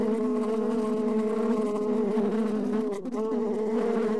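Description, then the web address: Bees buzzing, a constant low drone, briefly dipping and breaking for a moment before resuming. Two bees buzzing. "brzeczenie dwoch pszczol"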